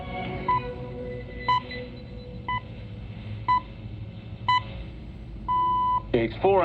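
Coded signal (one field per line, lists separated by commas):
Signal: radio time signal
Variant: time pips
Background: speech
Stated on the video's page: Time signal heard on shortwave 12095 kHz via Madagascar relay at 0400 UTC, received on a telescopic antenna, with a strong signal.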